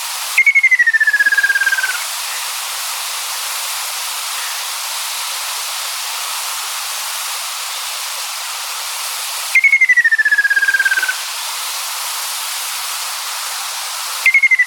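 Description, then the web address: Ruddy kingfisher calling, a descending, rapidly pulsed trill lasting about one and a half seconds, given twice with a long pause and starting again at the end, over steady hiss. "sikioto. akasyoubin"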